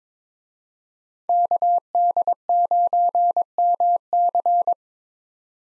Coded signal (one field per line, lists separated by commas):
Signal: Morse code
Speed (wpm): 22 wpm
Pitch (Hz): 700 Hz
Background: none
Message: KD9MC